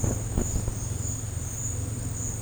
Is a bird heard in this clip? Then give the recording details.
no. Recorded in dense forest near Puerto Asís, Putumayo, Colombia, on 26 December 2024 at 11:00. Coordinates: 0.468, -76.322. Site G071